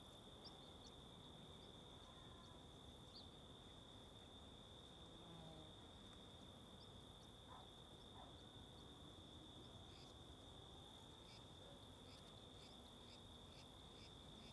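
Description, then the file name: Crickets chirping: a steady high trill with scattered sharp chirps from several insects, over constant wind rumble. Several crickets at Mirante da Antena, Alto Paraíso, with wind. "Ambiencia no Mirante da Antena de Alto Paraiso com Varios Grilos e Vento"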